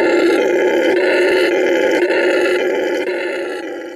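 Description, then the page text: Red howler monkey giving an unbroken guttural roar that stays loud and rough, fading a little toward the end. "MELOBOOMで着信音 Red Howler Monkey"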